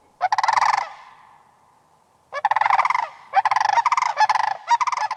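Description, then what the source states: Sandhill Crane calls, loud rolling trumpeting notes in bursts, one at the start, then a long pause and a rapid series of pulsed rattling calls. A special spring call for people of Homer, Alaska.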